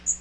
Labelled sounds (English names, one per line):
Magnolia Warbler flight call